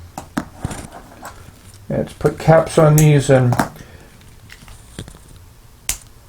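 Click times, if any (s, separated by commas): 5.9 s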